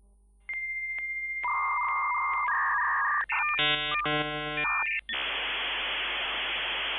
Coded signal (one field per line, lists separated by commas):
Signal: dial-up modem handshake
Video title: Sound Effect[56k Modem]